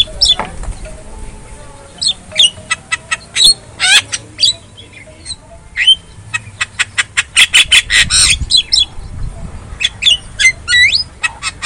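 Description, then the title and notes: Javan myna song of scattered harsh chatters, clicks and brief whistled slurs, with a dense rasping burst in the later part and a low background hum. Lure song of Javan myna, used to prompt a mute myna to sing. "Pancingan Jalak Kebo Bisu. Kicau Jalak Kebo"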